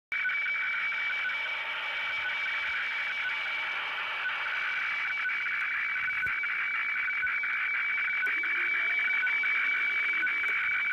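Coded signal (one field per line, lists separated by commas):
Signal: weather fax (radiofax)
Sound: steady warbling tone band with a high whine and rhythmic ticking, twice a second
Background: radio static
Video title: Sony CRF-V21 receiving WEFAX - Shortwave radio DX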